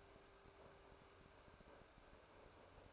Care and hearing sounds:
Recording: daily activity, microphone in the room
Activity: make coffee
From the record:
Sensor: 2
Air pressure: 1014.6 hPa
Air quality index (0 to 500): 189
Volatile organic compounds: 17 ppm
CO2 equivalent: 2592 ppm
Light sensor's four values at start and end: 4/10/3/4 and 4/10/3/4

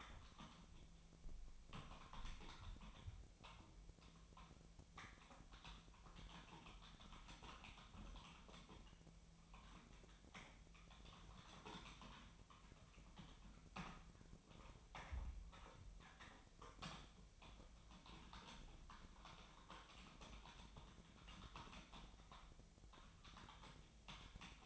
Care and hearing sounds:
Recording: daily activity, microphone in the room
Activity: typing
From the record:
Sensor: 1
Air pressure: 1009.5 hPa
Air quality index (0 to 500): 195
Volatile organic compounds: 19 ppm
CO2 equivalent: 2668 ppm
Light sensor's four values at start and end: 30/75/31/37 and 29/74/30/36

